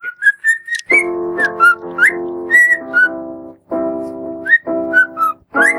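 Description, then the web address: Cockatiel whistling: clear, rising and falling whistled notes alternating with buzzy, harmonic-rich warbles, with brief pauses between phrases. "Sarah Ringtones cockatiel"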